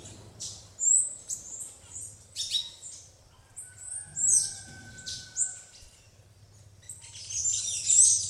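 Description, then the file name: Red-necked Tanager song, high sharp notes in short clusters separated by pauses, ending in a dense high chatter, with a low steady whistle heard midway. "canto-da-saíra-militar"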